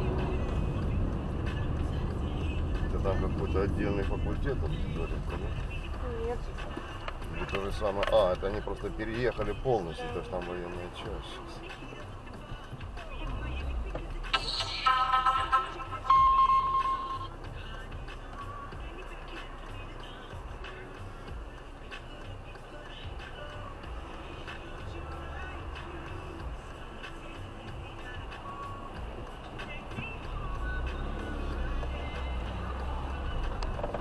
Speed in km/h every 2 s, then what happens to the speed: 39, 33, 20, 8, 4, 3, 2, 2, 0, 0, 0, 0, 0, 0, 0, 0, 3.
0-7 brakes to 4. 7-12 steady at about 3. 12-30 standing.